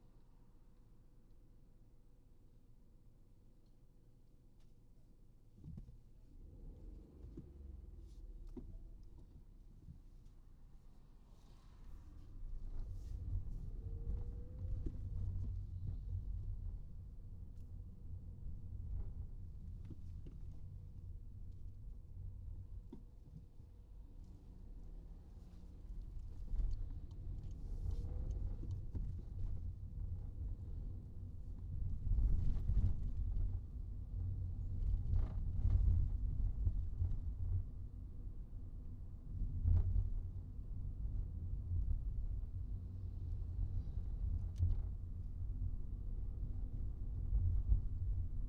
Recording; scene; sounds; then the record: everyday scene through a hearing-aid microphone; in a vehicle; engine, highway traffic jam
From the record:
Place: Skoda Fabia, gasoline engine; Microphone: in the ear canal, right